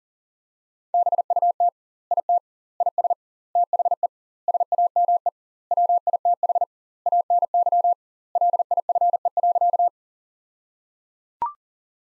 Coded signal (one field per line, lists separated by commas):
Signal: Morse code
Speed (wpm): 37 wpm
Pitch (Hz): 700 Hz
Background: none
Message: BUT IT IS THE SAME WITH ANY LIFE.